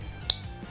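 A plastic wiring connector for the lid light wiring is pushed into the splitter, which it only fits one way, and it clicks in at 0.3 s with a sharp, bright snap over faint background music. The connector is seated.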